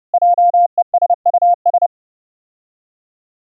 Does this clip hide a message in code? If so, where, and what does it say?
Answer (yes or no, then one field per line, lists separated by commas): yes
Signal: Morse code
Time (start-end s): 0.1-1.9 s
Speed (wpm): 30 wpm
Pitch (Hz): 700 Hz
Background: none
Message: JESUS